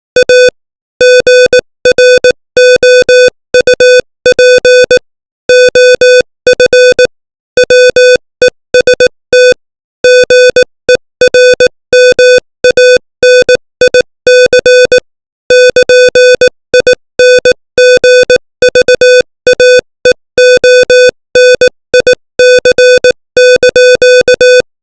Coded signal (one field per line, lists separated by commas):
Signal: Morse code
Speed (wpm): 18 wpm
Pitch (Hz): 500 Hz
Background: music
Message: A GROUP OF WEST GERMANIC <KN>INGVAEONIC)